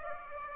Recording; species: mosquito wingbeat signal from an infrared sensor; Aedes aegypti